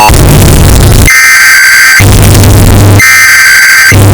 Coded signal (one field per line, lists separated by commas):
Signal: Emergency Alert System (SAME) tones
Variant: header bursts